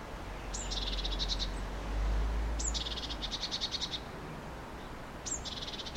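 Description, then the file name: Eurasian blue tit calls: a sharp high note sliding down into a pulsed buzzy churr, heard three times, with a soft low rumble. "Cyanistes caeruleus"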